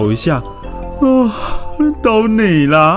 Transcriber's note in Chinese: 打哈欠